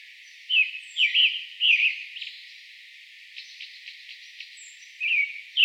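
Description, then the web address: Pale Thrush song: short, clear warbled phrases with pauses between them. "birdenaga sirohara"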